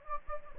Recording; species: mosquito wingbeat signal from an infrared sensor; Anopheles gambiae